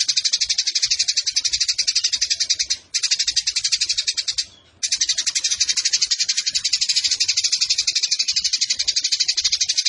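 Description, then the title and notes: Eurasian tree sparrow delivering rapid, buzzy churring chatter, high and unbroken except for two short gaps near the middle. Fighting (tarung) tree sparrow with long 'nembak' bursts and a clear voice; masteran tutor song for competition songbirds. "GEREJA TARUNG NEMBAK PANJANG SUARA JERNIH MASTERAN WAJIB BURUNG LOMBA. Burung Gereja"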